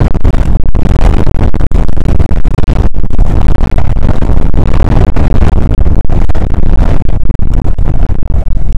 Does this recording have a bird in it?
no